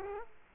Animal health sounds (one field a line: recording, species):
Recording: mosquito wingbeat signal from an infrared sensor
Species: Culex quinquefasciatus